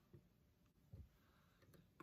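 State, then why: Seated. A new carbon brush in its holder is pushed down into the motor housing of a DeWalt cordless battery jigsaw that was not working. Soft, low handling bumps are heard over quiet background noise, then a sharp click at 2.0 s as the brush holder seats into place.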